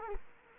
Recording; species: mosquito wingbeat signal from an infrared sensor; Culex quinquefasciatus